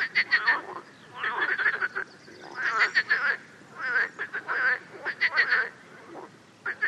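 Frog gives rattling, pulsed croaks in short runs.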